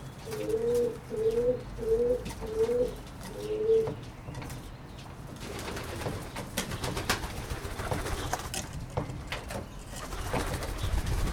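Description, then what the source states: Pigeon cooing, five low burbling coos in quick succession during the first four seconds, then only clattering noise and low rumble. Recorded in Berlin, Germany, in 2022.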